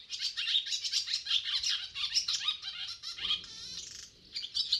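Barn swallow twittering: rapid, high chattering notes run almost nonstop, with a brief pause before a few final chirps.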